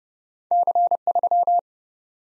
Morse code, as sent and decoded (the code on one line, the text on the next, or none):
-.-. ...--
C3